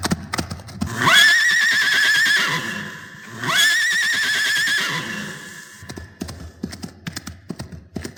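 A horse gives two long, high, quavering whinnies one after the other, then a quieter, uneven patter of hoof clip-clops follows.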